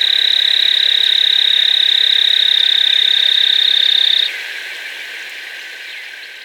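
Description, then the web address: Paramo tapaculo trilling: a fast, steady, mechanical churr held for about four seconds, then abruptly dropping to a much quieter continuation. In Ecuador. "Birds of Ecuador 2. Paramo Tapaculo"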